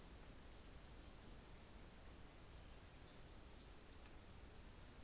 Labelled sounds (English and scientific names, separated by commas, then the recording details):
New Zealand Fantail (Rhipidura fuliginosa)
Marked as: faintness 1/5
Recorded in New Zealand on 24 December 2018
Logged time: 14:05